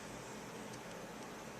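A trigger pin is pushed by hand through a Glock pistol frame and the hole in the slide release while the slide release is pressed upward. Only a steady, even hiss with no distinct handling sounds is heard. Nothing has seated or clicked yet.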